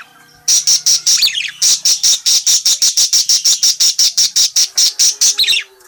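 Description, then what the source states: Parakeet calling: sharp, high chirps repeated steadily in a long rapid series, with a brief warbled twitter now and then. Bird chatty and in full voice, calling.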